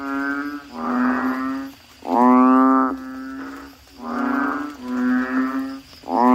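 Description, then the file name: Deep bleating Asian common toad calls overlapping from several animals, long harmonic notes following one another almost without pause. "suara kodok bangkong"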